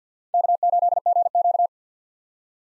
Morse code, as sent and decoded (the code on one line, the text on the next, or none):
-.- ---.. --. --.-
K8GQ